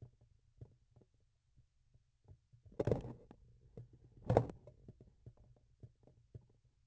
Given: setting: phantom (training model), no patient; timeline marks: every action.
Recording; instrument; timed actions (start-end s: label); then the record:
laparoscopic instrument, vibration sensor on the handle end; grasping forceps
2.59-3.43 s: forceps opening
4.09-4.67 s: forceps closing
From the record:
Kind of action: tool actuation without material contact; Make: other than Olympus